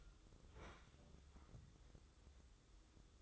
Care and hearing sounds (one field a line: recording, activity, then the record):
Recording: daily activity, microphone in the room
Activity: open fridge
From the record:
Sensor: 3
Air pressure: 995.2 hPa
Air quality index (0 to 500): 78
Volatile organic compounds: 6 ppm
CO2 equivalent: 1844 ppm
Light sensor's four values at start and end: 20/58/24/21 and 20/58/24/21